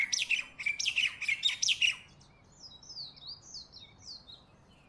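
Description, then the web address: Bird calls, a rapid run of sharp, scratchy chirps for two seconds, then thin, high whistled notes repeating more softly over a faint background hum. Bird recorded in the morning in Honolulu, close up. "lynne-publishing Honolulu Morning Bird"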